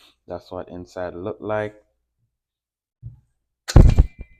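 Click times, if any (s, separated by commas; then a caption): 3.8 s. Someone talks, then a plug adapter is pulled hard off a Tesla EV mobile charger connector. It comes apart with a sharp snap at 3.8 s, followed by a softer knock at 4.0 s, and the adapter is released.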